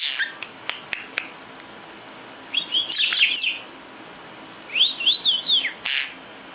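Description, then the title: Lovebird song: a few soft ticks, then two energetic bursts of shrill, arched, twittering chirps tumbling over one another. National champion lovebird singing a full 'isian gacor' song. "Burung Lovebird Juara Nasional Full Isian Gacor"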